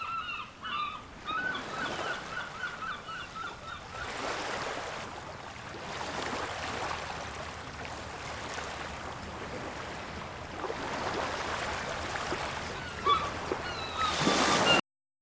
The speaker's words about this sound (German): Das Meer brandet in regelmäßigen Abständen an den Strand.